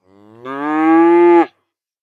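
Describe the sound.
Cow mooing once, a low, drawn-out moo that starts soft, swells into a loud, nasal bellow and stops abruptly after about a second and a half.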